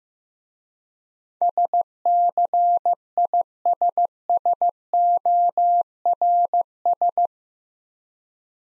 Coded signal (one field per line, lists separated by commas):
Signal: Morse code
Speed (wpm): 15 wpm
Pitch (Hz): 700 Hz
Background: none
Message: SCISSORS